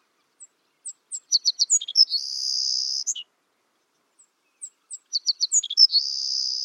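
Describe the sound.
Savannah sparrow song, high ticking notes accelerating into a dry, insect-like buzzy trill that ends with a short lower note; a second song begins and buzzes on to the end.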